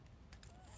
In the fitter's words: and then you can unlock it